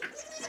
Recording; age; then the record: pig call; piglet (1 to 25 days)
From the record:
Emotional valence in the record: negative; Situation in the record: fighting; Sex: male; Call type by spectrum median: high-frequency call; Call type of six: high-frequency stable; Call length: 0.48 s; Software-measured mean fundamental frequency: 288 Hz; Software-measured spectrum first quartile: 1207 Hz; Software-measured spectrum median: 2457 Hz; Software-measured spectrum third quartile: 5485 Hz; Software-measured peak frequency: 640 Hz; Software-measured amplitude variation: 169 dB a second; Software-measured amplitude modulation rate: 16.6 a second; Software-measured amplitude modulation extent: 10.2 dB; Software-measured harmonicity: 4.6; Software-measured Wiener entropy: -1.97